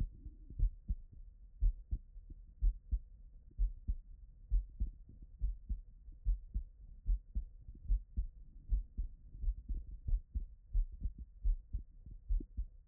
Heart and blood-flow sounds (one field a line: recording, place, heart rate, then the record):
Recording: heart sounds by stethoscope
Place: Erb's point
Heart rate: 73 bpm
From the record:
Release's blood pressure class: normal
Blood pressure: 108/61 mmHg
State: after exercise